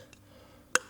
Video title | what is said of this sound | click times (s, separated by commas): Maintaining Your Fatty Pump | pull it through until it pops. | 0.8 s